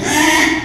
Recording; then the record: squeal of a Yucatan mini pig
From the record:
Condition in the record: after surgery on the right vocal fold (resection and tissue-engineered implant); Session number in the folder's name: 3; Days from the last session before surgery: 33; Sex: male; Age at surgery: 12 weeks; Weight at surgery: 13 kg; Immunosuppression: cyclosporine, prednisolone